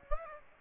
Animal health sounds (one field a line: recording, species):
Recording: mosquito wingbeat signal from an infrared sensor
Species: Aedes aegypti